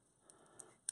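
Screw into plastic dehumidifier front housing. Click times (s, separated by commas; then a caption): 0.6 s, 0.9 s. A screw is driven with a ratcheting driver into the plastic front housing of a Hisense dehumidifier, over a faint low hiss with a soft tick near 0.3 s. Sharp ticks land at 0.6 s and 0.9 s, the last one loudest. The screw has stripped out its hole in the plastic from being tightened too hard.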